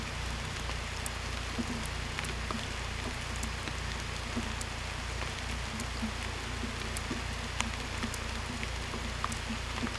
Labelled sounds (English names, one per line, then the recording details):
none
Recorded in pastures near Puerto Asís, Putumayo, Colombia, on 18 December 2024 at 23:30
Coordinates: 0.486, -76.323
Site GP01